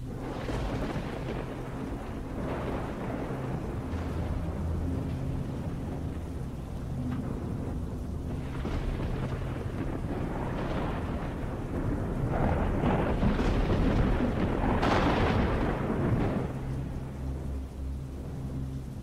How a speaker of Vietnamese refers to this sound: Đột nhiên từ trên thiên không, một tia sét sáng lòa đánh thẳng vào cơ thể của anh ta.